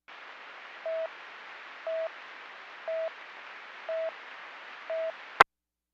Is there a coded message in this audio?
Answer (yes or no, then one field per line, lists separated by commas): no